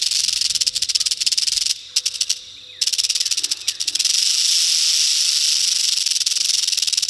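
Rattlesnake rattle, a harsh buzzing hiss that breaks off for about a second, then resumes as a steady, unbroken whir.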